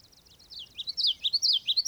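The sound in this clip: Bird singing a brief, fast sequence of high sliding whistles that become louder toward the end.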